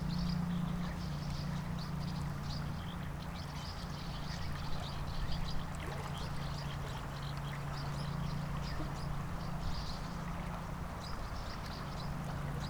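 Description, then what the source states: Swallows twittering with brief high chirps repeated throughout, set against a constant low drone and flowing water. Swallows hunting under the Pont du Lit du Roi on the Via Rhôna, over the Rhône river, Massignieu-de-Rives, France; some rustling of the river's water.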